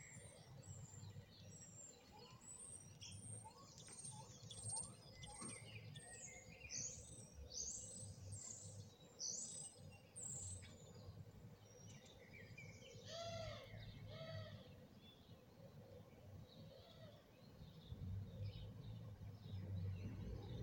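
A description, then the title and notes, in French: Birds chirp busily and almost without pause, with quick, bright repeated calls clustering in the first half and a burst of rising notes around 13 seconds. Beneath them a low traffic rumble persists, swelling toward the end as a car passes. Rue des Bois Blancs à Lille, un mardi matin. Quelques voitures passent... et des oiseaux semblent plus fébriles que d'habitude.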